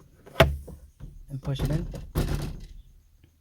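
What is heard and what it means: A plastic glove compartment on a Honda Civic is reinstalled after a cabin filter change, with its side tabs pressed in and the box pushed back into the dashboard opening. One loud, sharp knock at 0.4 s marks the tabs snapping into place, seating the glove box, and someone talks afterward.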